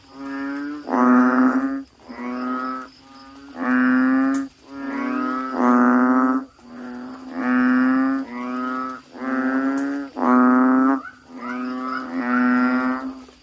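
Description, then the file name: Frog calling: rich, nasal moans in quick succession, several animals overlapping, with a constant low drone beneath the calls. "suara kodok bangkong"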